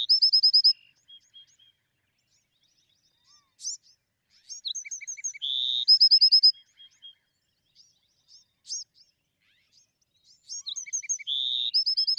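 Bewick's wren repeating its song: a quick trill, scattered chips, then a busy phrase with a buzz and trill, and another phrase starting.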